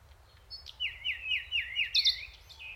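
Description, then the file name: Common nightingale song: a run of several rich, repeated, down-slurred notes in quick succession, followed by a sharp, higher burst. "Luscinia megarhynchos"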